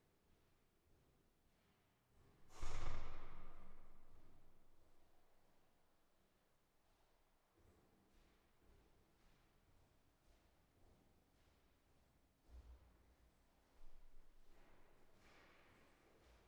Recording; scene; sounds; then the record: everyday scene through a hearing-aid microphone; reverberant space; background noise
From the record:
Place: staircase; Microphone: behind the ear, right, rear